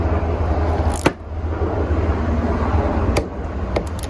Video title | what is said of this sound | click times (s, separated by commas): How To Replace Yamaha R6 Ignition Lock & Key System (Step-by-Step Tutorial) | Put it in until our torque wrench makes a click. | 4.0 s